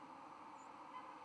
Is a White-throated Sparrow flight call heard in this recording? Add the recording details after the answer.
yes. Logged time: 01:17 on 31 October 2014